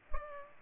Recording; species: mosquito wingbeat signal from an infrared sensor; Culex pipiens